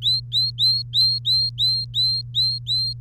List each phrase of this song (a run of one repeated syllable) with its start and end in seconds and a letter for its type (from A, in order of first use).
0.02-3.00 A